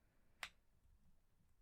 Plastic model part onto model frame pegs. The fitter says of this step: click into place so do the same with this side core